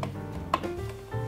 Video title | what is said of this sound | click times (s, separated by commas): AMD Ryzen 9 RGB 4K video editing content creation and casual gaming rig build (3900x RTX 2070) | that is it you hear that click and now the CPU block is properly installed | 0.5 s